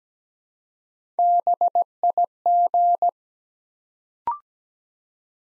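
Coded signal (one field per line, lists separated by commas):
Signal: Morse code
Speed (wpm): 17 wpm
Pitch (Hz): 700 Hz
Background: none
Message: BIG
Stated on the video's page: Morse practice set at 17 wpm, sending 3-letter words one letter at a time for instant character recognition.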